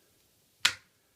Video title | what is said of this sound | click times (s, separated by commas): Zyuden Sentai Kyoryuger Bragigas Review | and there's two ports on top of this so it's going to snap | 0.7 s